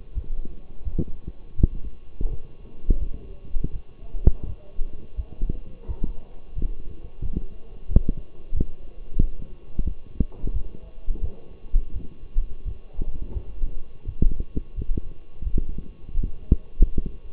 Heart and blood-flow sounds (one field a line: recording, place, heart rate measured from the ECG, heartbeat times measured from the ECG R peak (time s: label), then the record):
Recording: heart sounds by stethoscope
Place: between the tricuspid and mitral areas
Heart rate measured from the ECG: 86 bpm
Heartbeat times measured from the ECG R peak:
0.14 s: heartbeat
0.84 s: heartbeat
1.56 s: heartbeat
2.29 s: heartbeat
2.99 s: heartbeat
3.72 s: heartbeat
4.45 s: heartbeat
5.16 s: heartbeat
5.87 s: heartbeat
6.55 s: heartbeat
7.21 s: heartbeat
7.88 s: heartbeat
8.53 s: heartbeat
9.18 s: heartbeat
9.84 s: heartbeat
10.53 s: heartbeat
11.21 s: heartbeat
11.92 s: heartbeat
12.64 s: heartbeat
13.33 s: heartbeat
14.05 s: heartbeat
14.75 s: heartbeat
15.44 s: heartbeat
16.13 s: heartbeat
16.79 s: heartbeat
From the record:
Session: walking at 3.7 km/h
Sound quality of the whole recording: partially saturated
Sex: male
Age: 24 years